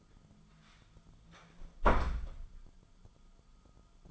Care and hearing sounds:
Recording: daily activity, microphone in the room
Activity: close door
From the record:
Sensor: 5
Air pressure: 1005.0 hPa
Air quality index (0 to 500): 100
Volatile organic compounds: 2 ppm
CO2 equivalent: 1221 ppm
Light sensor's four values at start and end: 34/78/31/30 and 34/79/32/30

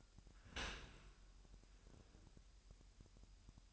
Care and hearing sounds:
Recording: daily activity, microphone in the room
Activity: open dishwasher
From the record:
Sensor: 2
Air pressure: 998.0 hPa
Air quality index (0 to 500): 148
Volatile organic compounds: 4 ppm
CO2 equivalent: 1676 ppm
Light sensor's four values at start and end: 10/29/11/11 and 10/29/11/11

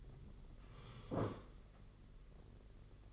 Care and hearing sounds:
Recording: daily activity, microphone in the room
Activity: sit down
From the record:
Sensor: 4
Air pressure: 992.5 hPa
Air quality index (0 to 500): 120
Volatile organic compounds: 30 ppm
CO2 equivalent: 2956 ppm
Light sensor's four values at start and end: 20/72/26/28 and 20/72/26/28

